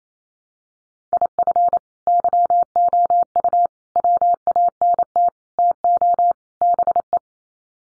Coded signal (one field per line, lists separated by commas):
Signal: Morse code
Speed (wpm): 28 wpm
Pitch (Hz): 700 Hz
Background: none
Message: IF YOU WANT TO BE